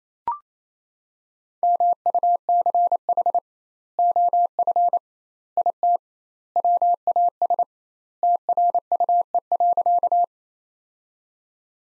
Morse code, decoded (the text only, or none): MUCH OF IT WAS TRUE.